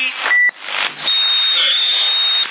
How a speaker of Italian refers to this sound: Non si appaga, guarda, stai innestando sempre. Innestando ancora? E adesso il rumore è pure diverso, fa pii.